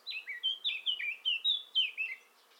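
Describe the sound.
Eurasian blackcap song, a string of loud, mellow whistled notes, each sliding downward, delivered in a brisk, even series.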